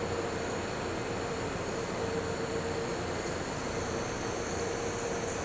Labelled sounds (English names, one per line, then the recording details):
none
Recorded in pastures near Puerto Asís, Putumayo, Colombia, on 4 March 2025 at 10:30
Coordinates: 0.466, -76.322
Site CSA-02